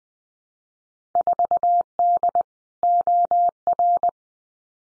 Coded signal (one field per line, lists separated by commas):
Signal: Morse code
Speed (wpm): 20 wpm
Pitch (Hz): 700 Hz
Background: none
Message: 4D OR